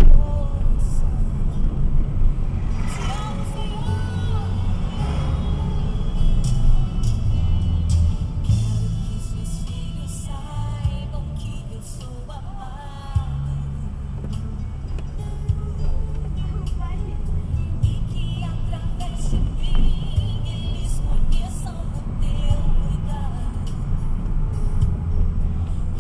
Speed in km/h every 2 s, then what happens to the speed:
28, 29, 25, 17, 11, 10, 10, 16, 22, 23, 22, 18, 16.
3-9 slows to 10. 12-16 speeds up to 22. 20-26 slows to 16.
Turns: none.